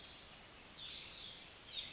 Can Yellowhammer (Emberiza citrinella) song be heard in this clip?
no